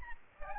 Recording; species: mosquito wingbeat signal from an infrared sensor; Aedes albopictus